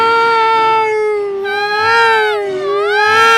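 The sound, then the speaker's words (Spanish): Someone wails in a long, unbroken cry while receiving a vaccine, the high, strained pitch sliding up and down in swells for a few seconds, loud and alone with no talking. “Es la gente que está llorando cuando le aplican la vacuna.”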